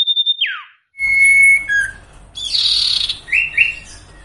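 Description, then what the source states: Sirtu song: a brief whistle dropping steeply in pitch, then a sustained high whistle, a harsh buzzy burst and two quick chirps. Masteran training recording for cage birds, with the full range of song variations.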